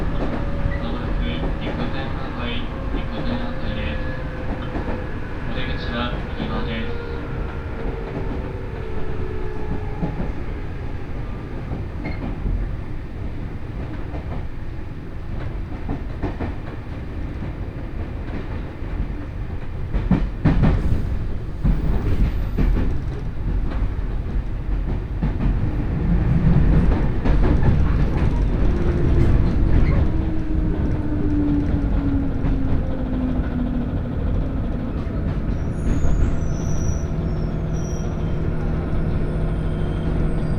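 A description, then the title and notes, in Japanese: A local train on the Senseki Line runs from Matsushima-Kaigan toward Ishinomaki, with a steady low rumble of wheels on rail throughout. A motor whine slides downward early on and again near the thirty-second mark. From about twenty seconds the ride grows louder, with more clatter. 仙石線 普通 松島海岸→石巻。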